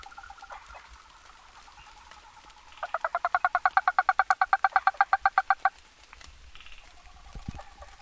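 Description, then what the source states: Frog trill: a loud, rapid pulsed rattle lasting about three seconds, with fainter calls before and after it. Recorded on 11 April 2015.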